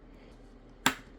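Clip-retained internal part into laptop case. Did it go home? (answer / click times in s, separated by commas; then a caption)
partly / 0.9 s. A clip-retained internal part is pressed into the case of an IBM ThinkPad 701C butterfly keyboard laptop, and a single sharp snap sounds at 0.9 s, followed by a faint tick at 1.2 s. The part snaps in on one side only, so it is only partly seated.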